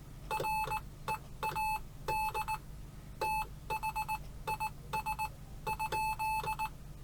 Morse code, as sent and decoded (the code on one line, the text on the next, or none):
.-. . .- -.. / - .... .. ... ..--..
READ THIS?